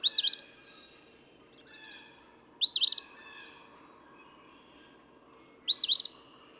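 Eastern phoebe singing three scratchy two-note fee-bee phrases about three seconds apart, with faint chirps and a low hum between.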